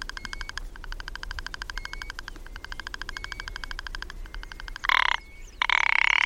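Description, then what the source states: Ptarmigan giving a long, dry, rapidly pulsed rattle broken by short pauses, ending in harsher louder bursts; a faint high whistled note recurs behind it. Mountain bird of the Cairngorms, Scotland; described as having an incredible call.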